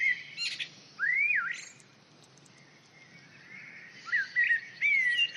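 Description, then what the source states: Common blackbird singing a short whistled phrase, a quiet pause, then another fluting phrase with higher squeaky notes at the end. Recorded in the UK.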